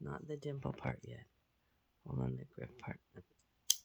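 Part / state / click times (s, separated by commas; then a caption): infusion set inserter cocking mechanism / seated / 3.7 s. A plastic infusion-set inserter is held by its grip and pulled back until its cocking mechanism latches into the cocked position. Someone talks, then a sharp click sounds at 3.7 s as the inserter locks.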